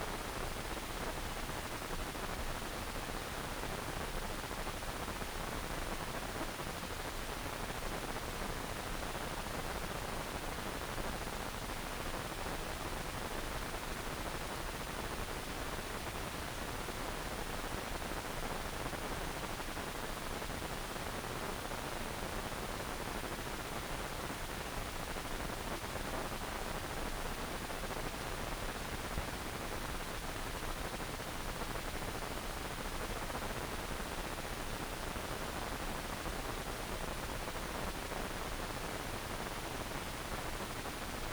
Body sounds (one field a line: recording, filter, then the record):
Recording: brain microelectrode recording played as sound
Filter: wide band, above 20 Hz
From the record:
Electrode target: subthalamic nucleus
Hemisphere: right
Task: reaching with the left hand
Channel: 1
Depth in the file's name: 1.506 mm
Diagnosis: Parkinson's disease